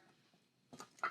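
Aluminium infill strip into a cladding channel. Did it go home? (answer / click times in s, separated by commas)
no / none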